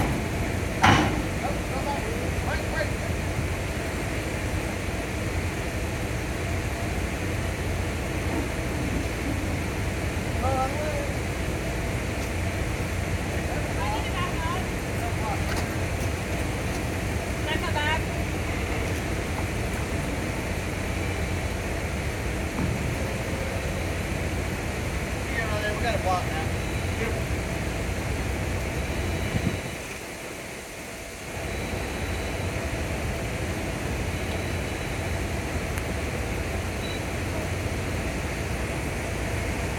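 A column of cars exits a ferry, with a steady low rumble of engines filling the whole stretch. Brief voices and clanks surface now and then, a sharp knock near the start, and the rumble drops away for a moment around thirty seconds.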